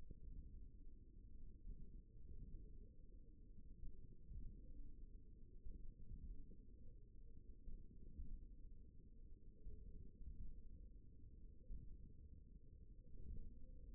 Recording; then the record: forearm muscle sounds (acoustic myography)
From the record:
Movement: finger pinch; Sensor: system 1, eight BSWA MPA416 microphones around the upper forearm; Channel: 1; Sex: male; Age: 54 years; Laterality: right